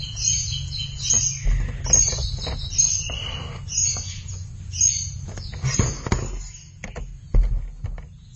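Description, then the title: Thrush singing bursts of fast, high chattering and twittering notes, broken by sharp clicks and knocking sounds throughout. "burung anis x"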